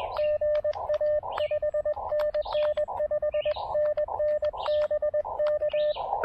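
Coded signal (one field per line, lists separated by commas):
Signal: Morse code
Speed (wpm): 21 wpm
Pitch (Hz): 600 Hz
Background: radio noise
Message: GA 5NN 5NN BK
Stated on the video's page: QRP Morse code during a combined SOTA and POTA summit activation on 17 and 15 meters.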